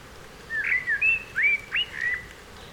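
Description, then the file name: Eurasian blackbird phrase of clear, slurred whistles rising and falling, several notes in quick succession within about two seconds. "Turdus merula"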